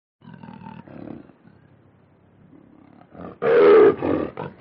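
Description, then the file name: Lion growling in a low, rumbling stretch before erupting into a loud, raspy snarl, then a few shorter harsh growls. Lion growls and snarls. "audio hero Lion"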